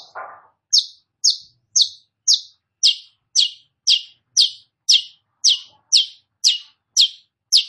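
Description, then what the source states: Long-tailed shrike song: a steady string of sharp, high downslurred notes, about two per second, after a brief lower opening sound. Indonesian name Cendet; described as gacor, a vigorous, persistent singing style.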